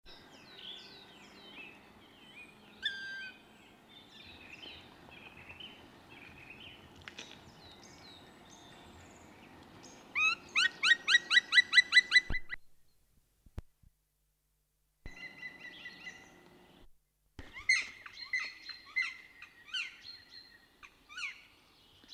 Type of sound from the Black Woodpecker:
call